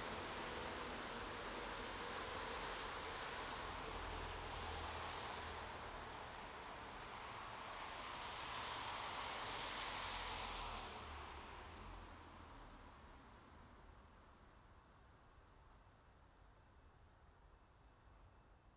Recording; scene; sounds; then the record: everyday scene through a hearing-aid microphone; in traffic; traffic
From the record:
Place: bus stop on a city main road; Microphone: in the ear canal, right